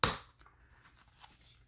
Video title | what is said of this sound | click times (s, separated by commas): Llermuss Earmuffs Review & Internal Material Mod | it snaps right into place | 0.0 s